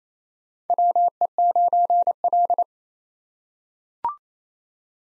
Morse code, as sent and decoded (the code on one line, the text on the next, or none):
.-- . ----. .-..
WE9L